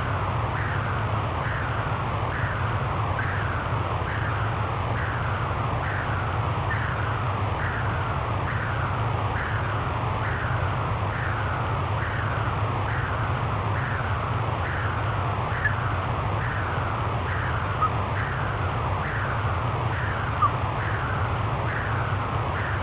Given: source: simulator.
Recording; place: transcranial Doppler ultrasound of blood flow; middle cerebral artery (MCA)